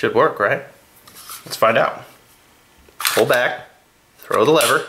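Someone talks while handling a SIG P320 pistol during reassembly, pulling the slide back and working the takedown lever in the pistol frame, with brief metallic handling sounds between the words. Nothing has seated or clicked yet; the clip ends before the takedown lever snaps into place.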